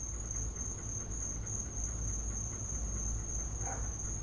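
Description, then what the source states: Crickets sustain a steady high-pitched trill; a brief soft sound appears near the end, with low rumble throughout. Crickets in the recordist's back yard, captured as a home field recording.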